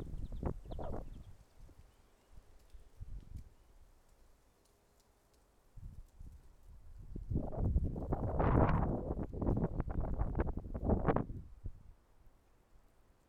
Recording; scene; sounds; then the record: everyday scene through a hearing-aid microphone; wind on the microphone; wind, traffic, birds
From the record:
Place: suburban garden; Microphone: behind the ear, left, front